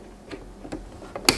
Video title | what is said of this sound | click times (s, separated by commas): Sewing on buttons with LX3817 | that on there and it just when you let it down it'll just snap into place | 1.3 s